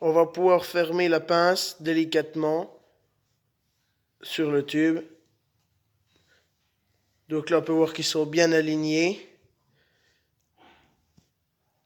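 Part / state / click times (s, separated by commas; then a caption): plastic ear tag parts in tagging pliers / not seated / none. Someone talks while a tube sits in the adapter housing of tagging pliers and the pliers are closed gently, lining up the two plastic ear tag parts before they are pressed together. The parts are checked and found well aligned, and nothing has clicked or seated yet.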